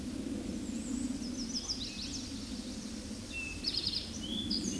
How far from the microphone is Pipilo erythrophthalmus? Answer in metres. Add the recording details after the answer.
about 35 m. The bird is about 10 m above the microphone. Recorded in a Pennsylvania forest on 16 May 2024 at 08:59. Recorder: AudioMoth, point MSD-2349. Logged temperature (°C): 15.8 °C. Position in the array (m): 54 m, 24 m